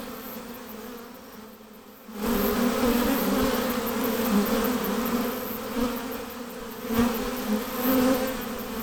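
Honey bees buzzing: a quieter hum for about two seconds, then a fuller, louder steady drone with small surges.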